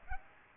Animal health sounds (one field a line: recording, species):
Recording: mosquito wingbeat signal from an infrared sensor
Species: Aedes aegypti